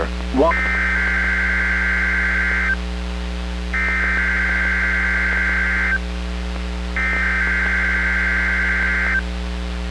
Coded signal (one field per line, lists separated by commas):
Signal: Emergency Alert System (SAME) tones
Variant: header bursts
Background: speech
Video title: EAS #109 - Required Weekly Test (Recording)